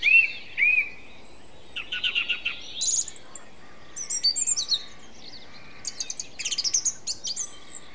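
Song thrush singing short varied phrases, two clear whistled notes, then clusters of sharp chirps and rapid repeated notes in separate bursts, with quiet gaps between.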